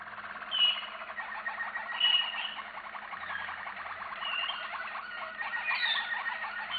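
Canary song: a steady rapid trill runs throughout, marked by a few sharp high whistled notes. A low hum is present.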